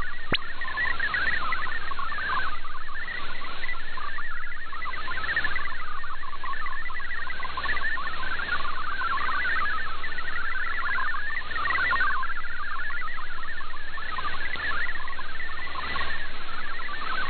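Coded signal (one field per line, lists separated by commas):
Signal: multi-tone FSK (Olivia or MFSK type)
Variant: MFSK32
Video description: I precociously prepared to switch to MFSK64 manually, even though it was not required, as well as a switch back to MFSK32.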